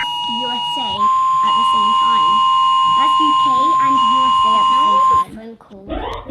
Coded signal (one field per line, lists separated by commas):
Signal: Emergency Alert System (SAME) tones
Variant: 1050 Hz attention tone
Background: speech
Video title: Rating eas alarms